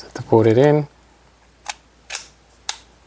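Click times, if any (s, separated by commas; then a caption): 2.7 s. Someone talks briefly, then the metal blade of an electric fillet knife is pushed into its plastic handle, with two fainter ticks near 1.7 and 2.1 seconds. A sharp click at 2.7 seconds marks the blade seating, locking into the handle by itself.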